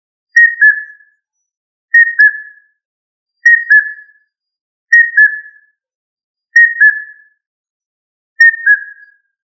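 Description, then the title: Rail giving clear whistled two-part notes that step down in pitch, repeated about every one and a half seconds, six times, with silence between. "Familia Rallidae"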